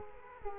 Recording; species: mosquito wingbeat signal from an infrared sensor; Culex quinquefasciatus